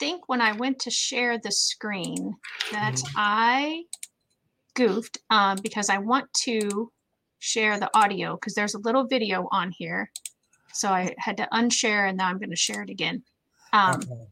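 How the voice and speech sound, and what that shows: One adult speaks clearly and fluently at a relaxed pace, with faint keyboard clicks in the background.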